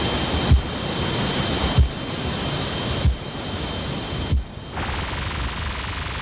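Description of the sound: Simulated tinnitus: steady high ringing tones over rushing noise with soft low thumps, shifting to a harsh buzz. Tinnitus is a constant noise heard all the time, usually a ringing or a buzz, though the sounds vary. Causes include exposure to loud sounds, hearing loss and stress. It affects 10–15% of the population.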